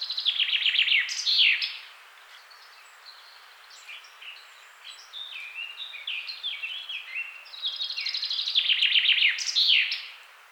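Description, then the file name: Common chaffinch singing a few descending trilled song phrases, each ending with a flourish; the middle phrase is softer. "Fringilla coelebs"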